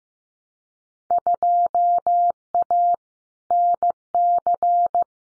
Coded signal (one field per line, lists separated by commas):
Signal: Morse code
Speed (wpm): 15 wpm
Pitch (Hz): 700 Hz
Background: none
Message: 2A NC